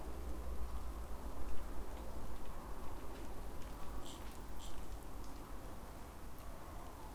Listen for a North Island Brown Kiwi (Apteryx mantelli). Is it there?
no